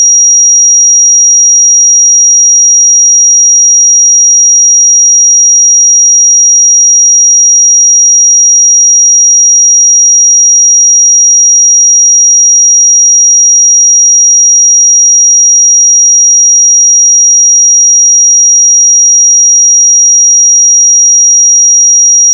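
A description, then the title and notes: A pure 5716 Hz sine tone holds perfectly steady and high-pitched for the full length, with no other sounds and unchanging loudness. 5716 Hz 1 Hz Interval Sine Pure Tone Frequency 441000 Sample Mono.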